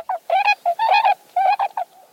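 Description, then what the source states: Tundra swan whoops, bugled notes in short clusters from more than one bird. A second formation of swans flying in on a November morning to forage near trumpeter swans in a plowed field, announcing themselves with distinctive whoops.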